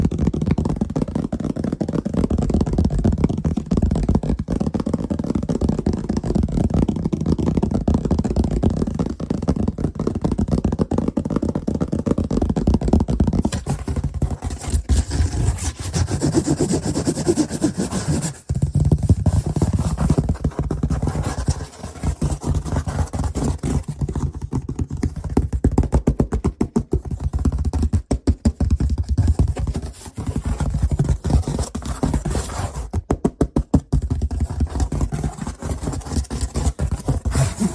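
Fast, aggressive lofi tapping and scratching fill the whole 38 seconds with a dense, rough, mostly low and muffled texture. Quick strokes pile together with little pause, and there are brief drops near 18 and 22 seconds before the scraping resumes just as busily.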